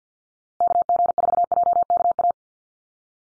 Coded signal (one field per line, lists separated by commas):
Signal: Morse code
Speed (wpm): 50 wpm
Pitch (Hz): 700 Hz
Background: none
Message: KG4JKA